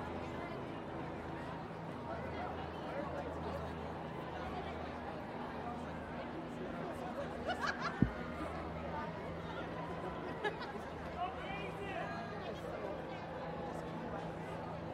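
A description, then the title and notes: At a women's march, a steady babble of crowd voices and chatter carries on throughout, with a sharp knock or clap near eight seconds. WOMXNS MARCH_raw_09 by Andy "soundeziner" Martin.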